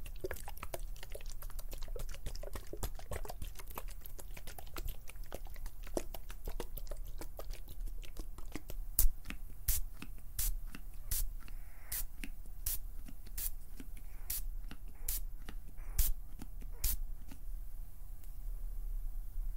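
Fingers pluck, pinch and flutter in a rapid run of short, crisp snaps and ticks, dense and irregular for the first half. After about nine seconds the sounds thin into sharper, brighter clicks roughly every half second, over a steady low hum.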